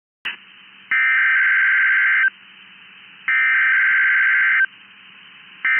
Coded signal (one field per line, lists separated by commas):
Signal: Emergency Alert System (SAME) tones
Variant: header bursts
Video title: 2/8/23 BOX RWT On KEC73 EAS#319